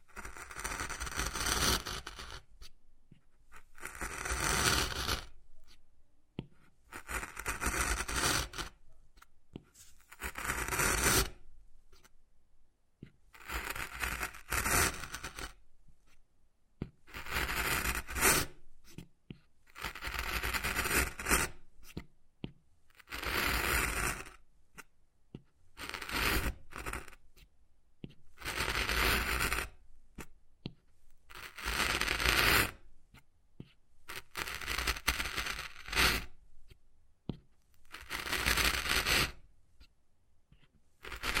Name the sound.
Wood Carving, Tapping and Scratching Sounds